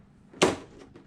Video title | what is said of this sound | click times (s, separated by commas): Twin motor infraction gear swap and side skirts installation | so this side of the body kind of locks in this side of the body doesn't lock in at all | 0.4 s